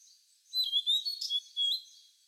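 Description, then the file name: Blue-and-white flycatcher song, a short burst of clear slurred whistles mixed with quick chattering notes, high-pitched and varied. Twittering. "cyanoptila cyanomelana twitter"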